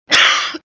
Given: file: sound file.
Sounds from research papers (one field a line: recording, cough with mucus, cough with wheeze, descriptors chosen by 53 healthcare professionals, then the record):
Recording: cough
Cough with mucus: no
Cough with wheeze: no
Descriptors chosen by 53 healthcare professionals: dry 50, hoarse 12, wheezy 11, barking 5, brassy 4, moist 3, rattling 1, loose 0, productive 0, bovine 0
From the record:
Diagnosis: laryngitis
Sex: female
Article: The description of cough sounds by healthcare professionals